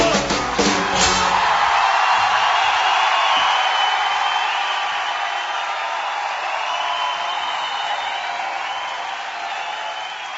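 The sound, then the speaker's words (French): A large crowd shouts and cheers at a live concert, a dense, steady roar of screams and whoops that stays loud throughout, with a few sharper bursts in the first seconds. “C'est pas pour nous, tous ces cris.”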